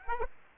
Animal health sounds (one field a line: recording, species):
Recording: mosquito wingbeat signal from an infrared sensor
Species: Aedes aegypti